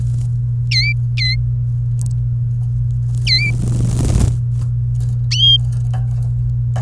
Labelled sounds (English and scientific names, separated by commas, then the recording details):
Domestic Canary (Serinus canaria) song
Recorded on 27 April 2018 at 16:33
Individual llb3